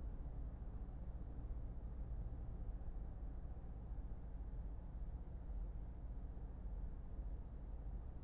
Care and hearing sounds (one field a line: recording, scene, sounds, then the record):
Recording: everyday scene through a hearing-aid microphone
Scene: in a vehicle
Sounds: engine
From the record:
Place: Berlingo II, diesel engine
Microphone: behind the ear, left, rear